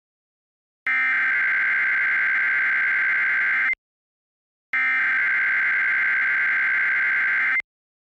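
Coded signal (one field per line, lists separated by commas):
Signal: Emergency Alert System (SAME) tones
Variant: header bursts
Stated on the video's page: Local area emergency alert for an endangered missing child, audio from radio station WJON.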